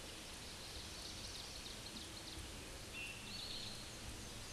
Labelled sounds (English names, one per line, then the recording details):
Black-and-white Warbler song
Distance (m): 30 m
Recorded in a Pennsylvania forest on 19 May 2023 at 10:18
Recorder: AudioMoth, point grid1_29_low
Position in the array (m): 53 m, 115 m